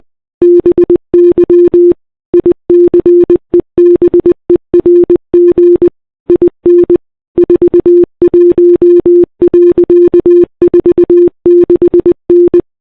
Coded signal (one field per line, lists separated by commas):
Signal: Morse code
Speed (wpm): 20 wpm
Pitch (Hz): 350 Hz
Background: none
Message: BY ICEBERG IN 41.46N